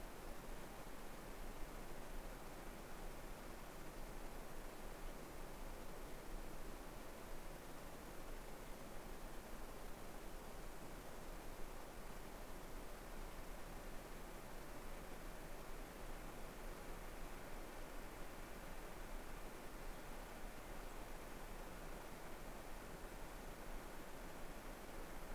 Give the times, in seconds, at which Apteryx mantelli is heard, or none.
none